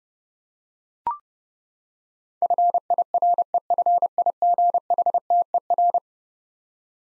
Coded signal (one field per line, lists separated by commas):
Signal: Morse code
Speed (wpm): 30 wpm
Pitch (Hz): 700 Hz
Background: none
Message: FIREFIGHTER